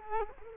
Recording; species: mosquito wingbeat signal from an infrared sensor; Culex quinquefasciatus